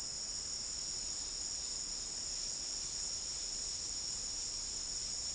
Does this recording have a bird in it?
no